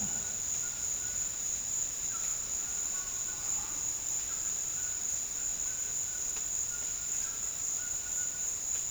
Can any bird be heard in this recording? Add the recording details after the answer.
yes. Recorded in dense forest near Puerto Asís, Putumayo, Colombia, on 12 March 2025 at 15:30. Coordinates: 0.484, -76.325. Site G045